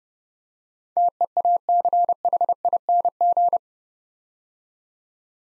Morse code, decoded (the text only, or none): TEACHING